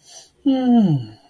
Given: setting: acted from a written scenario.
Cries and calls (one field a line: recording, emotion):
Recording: vocal sound without words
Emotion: awe